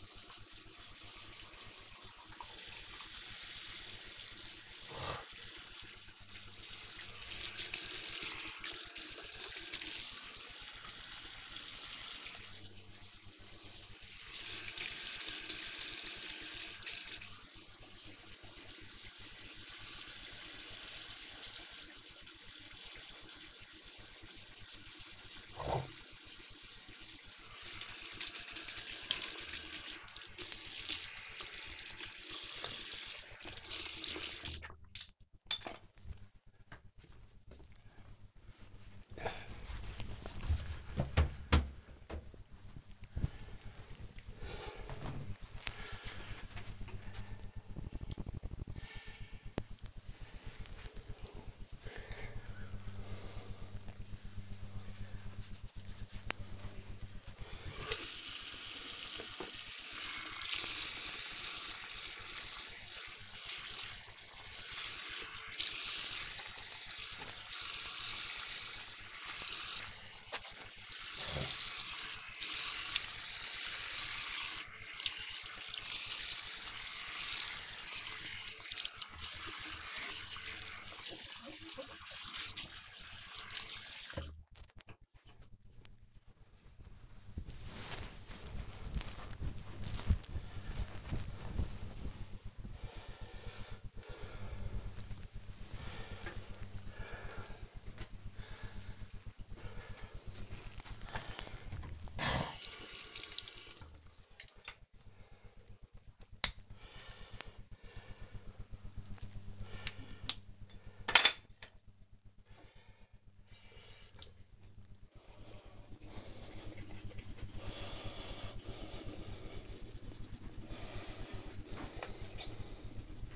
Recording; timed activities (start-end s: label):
household activities, microphone on the right wrist
0.00-36.19 s: brushing teeth
57.31-84.47 s: washing hands
101.58-123.36 s: brushing teeth